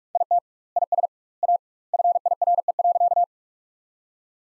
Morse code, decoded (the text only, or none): IT IS A FIRE.